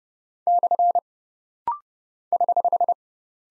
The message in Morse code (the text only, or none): / <HH>